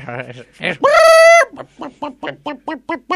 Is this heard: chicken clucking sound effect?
yes